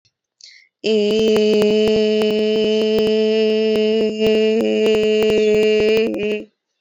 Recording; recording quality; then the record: sustained vowel as in made; excellent, no background noise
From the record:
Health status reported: exposed to COVID-19, no respiratory illness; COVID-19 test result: not tested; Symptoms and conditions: cough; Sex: female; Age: 28 years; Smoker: not ticked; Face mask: not worn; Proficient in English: yes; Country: India